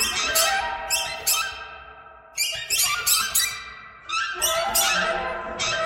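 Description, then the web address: Bird calls, loud grating squawks in dense clusters, dropping quieter around two and four seconds before new bursts of bright, scratchy notes. "soundfactory birds birds thread buzz"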